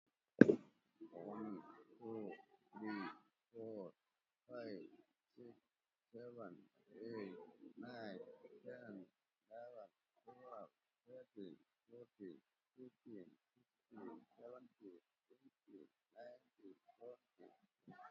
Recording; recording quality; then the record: counting at a normal pace; excellent, no background noise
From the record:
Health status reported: COVID-19 positive, moderate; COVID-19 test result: positive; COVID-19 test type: RT-PCR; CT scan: not taken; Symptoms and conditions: cough, cold, muscle pain, hypertension, diabetes, ischaemic heart disease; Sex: male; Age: 57 years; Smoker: yes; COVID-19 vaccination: both doses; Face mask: worn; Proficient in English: yes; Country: India